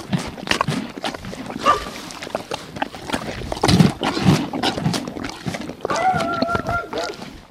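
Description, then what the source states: Horse chewing: uneven crunching and grinding bites, with a brief tonal squeak near the end. Eating a bread roll.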